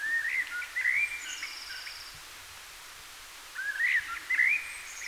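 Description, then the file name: Common blackbird calls: two short bursts of thin upslurred whistled notes, each a few quick rising chirps, separated by a quiet gap, over steady background hiss. "Turdus merula"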